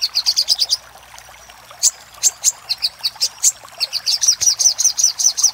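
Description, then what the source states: Little spiderhunter song: a quick burst of shrill chips, a sparse scattered stretch, then a closing run of regular bright high notes. Used for training cage birds.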